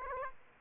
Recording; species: mosquito wingbeat signal from an infrared sensor; Aedes aegypti